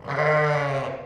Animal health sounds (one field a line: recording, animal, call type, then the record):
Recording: contact call of a hoofed animal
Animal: sheep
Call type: low-frequency (closed-mouth) or high-frequency (open-mouth) call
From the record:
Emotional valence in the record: negative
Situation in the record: short social isolation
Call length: 1.06 s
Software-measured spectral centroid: 1510 Hz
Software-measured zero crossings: 1630 a second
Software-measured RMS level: -23 dBFS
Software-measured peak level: -9 dBFS